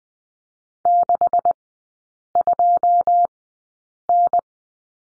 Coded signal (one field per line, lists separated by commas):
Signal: Morse code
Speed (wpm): 20 wpm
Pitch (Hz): 700 Hz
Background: none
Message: 62N